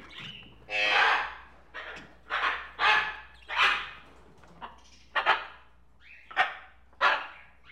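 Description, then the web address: Tropical birds squawking: a long harsh burst, then a string of shorter raspy squawks. Various tropical birds together in a pet shop. "birds various tropical birds in a pet shop animal ambience"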